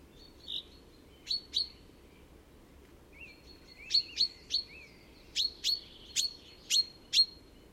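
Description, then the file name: Common chaffinch giving short, sharp high call notes, scattered at first and then repeated roughly every half second, with a few soft lower chirps in between. "Fringilla coelebs"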